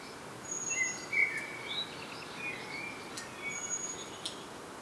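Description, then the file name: Common blackbird uttering scattered brief squeaky notes, with thin high whistles and a steady hiss of background noise. "Turdus merula"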